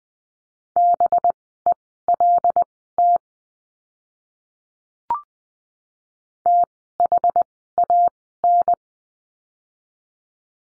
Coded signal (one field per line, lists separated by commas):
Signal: Morse code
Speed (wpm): 20 wpm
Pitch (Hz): 700 Hz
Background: none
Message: BELT THAN